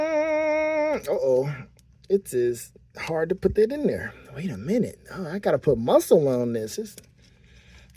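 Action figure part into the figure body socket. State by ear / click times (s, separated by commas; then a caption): not seated / none. A plastic Mumra action figure part is forced with effort into the socket of a Skeletor-style figure body while someone talks over a quiet background. Only faint, brief sounds come near the end of the clip, and no pop is heard; nothing has seated or clicked yet.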